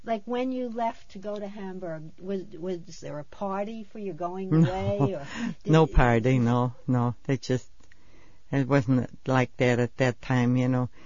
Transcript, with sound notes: when you left to go to Hamburg, was there a party for your going (laughs)
No party. No, no. They just, it wasn't like that at that time, you know.